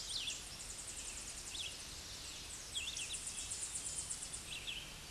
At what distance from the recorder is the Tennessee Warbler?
about 30 m